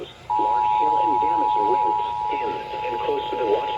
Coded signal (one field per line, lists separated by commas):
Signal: Emergency Alert System (SAME) tones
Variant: 853 and 960 Hz attention tone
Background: speech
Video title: (EAS #179) Tornado Watch #424